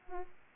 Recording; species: mosquito wingbeat signal from an infrared sensor; Aedes aegypti